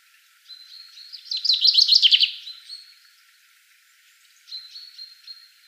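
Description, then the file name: Common chaffinch song: a loud, dense trilled phrase in the middle, framed by thin, steady whistled notes at the start and near the end. "Fringilla coelebs"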